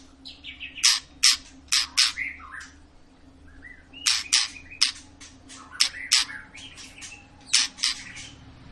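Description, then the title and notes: White-rumped shama song with harsh, high scratchy bursts between short whistled and chattering phrases, over a steady low hum. Long lure recording of a shama singing vigorously (gacor), used to prompt other birds to sing. "Murai Batu Gacor Panjang. muraiku"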